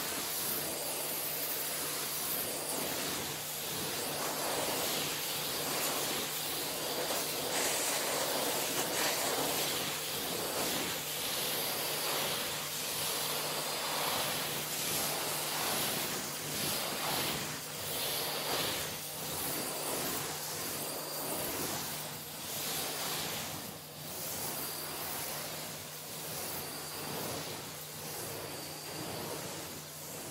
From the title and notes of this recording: TimASMR-First Person Head Spa Hair Wash, Brushing, Oil Ear Massage, Steam Mask (no talking).